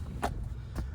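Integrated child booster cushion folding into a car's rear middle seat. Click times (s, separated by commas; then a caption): 0.2 s. The integrated child booster cushion in the rear middle seat of a 2024 Volvo XC90 with a blonde interior is pulled forward and pushed down into its stowed position. It clicks at 0.2 s, and a fainter knock follows at 0.8 s over a low rumble. The cushion is seated and stowed in the seat.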